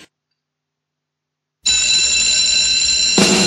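After a second and a half of silence, a loud, steady electric bell starts ringing with a bright metallic buzz, like the opening of a TV sitcom theme tune, swelling at the end.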